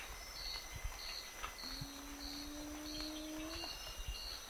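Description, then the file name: Scaled ground cuckoo song: one long, low, moaning whistle held steady for about two seconds, rising slightly at the end, over regular high insect pulses and a thin, faint whistle. "Canto do jacu estalo escamoso"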